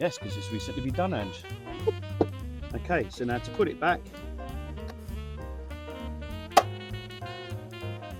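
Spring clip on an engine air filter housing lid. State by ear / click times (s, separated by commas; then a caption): seated / 6.6 s. A spring clip on an engine air filter housing lid is snapped shut as the lid is refitted on the engine, with music playing underneath and someone talking at the start. One sharp, loud click comes at 6.6 s as the clip seats and the housing is closed.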